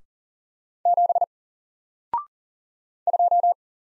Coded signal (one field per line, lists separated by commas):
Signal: Morse code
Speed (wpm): 40 wpm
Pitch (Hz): 700 Hz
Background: none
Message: 7 2